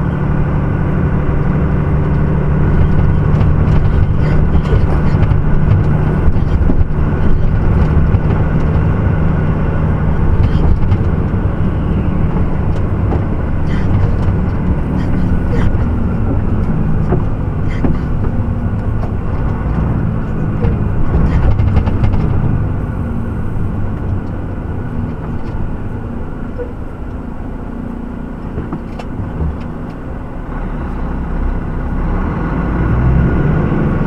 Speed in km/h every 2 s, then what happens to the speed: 39, 39, 41, 40, 41, 41, 38, 33, 28, 24, 18, 15, 8, 0, 0, 4, 8.
0-11 steady at about 40. 11-25 slows to 0. 25-29 standing. 29-34 pulls away to 8.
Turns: none.